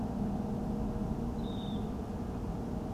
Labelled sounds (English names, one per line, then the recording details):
Dunlin
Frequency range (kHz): Dunlin 2.7-4.1 kHz
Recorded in France